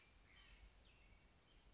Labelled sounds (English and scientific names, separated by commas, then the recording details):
Cassin's Vireo (Vireo cassinii)
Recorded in Sonoma County, California